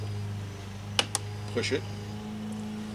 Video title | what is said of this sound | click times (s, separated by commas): 2002 Tahoe Driver Side Mirror Replacement | You should hear snaps | 1.0 s, 1.2 s